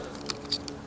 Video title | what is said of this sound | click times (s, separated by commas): GoolRC T32 Folding Drone 🔥 $50 Mavic Clone? 😲 | have these little notches here that will lock them in place and you can hear them snap in you know make sure that they're locked | 0.3 s, 0.7 s